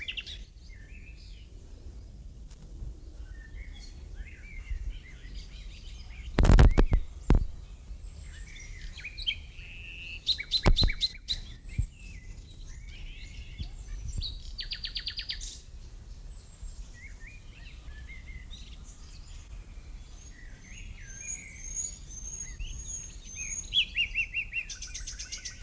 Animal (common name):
Common Nightingale